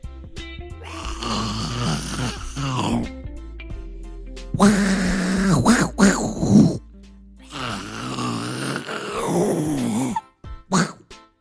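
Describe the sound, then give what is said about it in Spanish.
Tiger cubs trying to roar in their own way give three bursts of raspy, growling cries, each a couple of seconds long, rough and breathy with a wavering pitch, separated by short pauses, ending with a few quick grunts. “Los tigrecitos lo hacen a su manera.”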